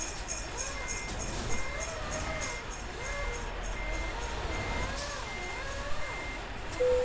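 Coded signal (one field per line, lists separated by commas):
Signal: none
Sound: music and jingle bells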